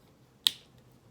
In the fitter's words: and you want to hear that click see look okay